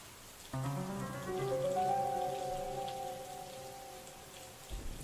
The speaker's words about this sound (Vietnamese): Đi chăn vịt mà mưa to quá.